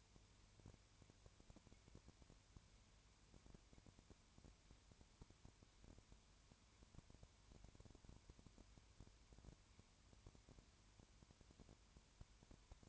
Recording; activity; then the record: daily activity, microphone in the room; no activity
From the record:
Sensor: 2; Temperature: 20.3 degrees Celsius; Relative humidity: 33.8%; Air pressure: 1003.2 hPa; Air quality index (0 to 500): 82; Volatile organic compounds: 1 ppm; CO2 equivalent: 785 ppm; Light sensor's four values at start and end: 2/3/2/2 and 2/3/2/2